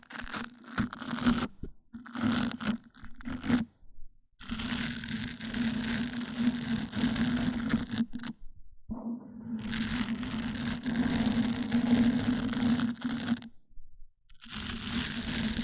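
Mic-on-mic triggers: rough scratching and rubbing bursts with a steady low hum running under them. Short choppy strokes fill the first four seconds, then longer sustained scraping runs from about 4 to 8 seconds and 10 to 13 seconds, separated by brief silences.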